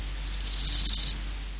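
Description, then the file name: Large gold grasshopper song: a brief, high, dry burst of quick ticking pulses, about ten in under a second. "Grosse Goldschrecke"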